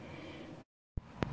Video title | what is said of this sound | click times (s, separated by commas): How to re-pin Molex connectors | right last one click | 1.2 s